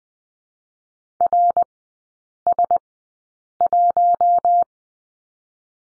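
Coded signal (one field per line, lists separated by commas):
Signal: Morse code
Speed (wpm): 20 wpm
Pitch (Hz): 700 Hz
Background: none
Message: RS1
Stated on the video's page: Morse code course lesson on the letter M, three-character groups, sent at Farnsworth speed 20/10 wpm.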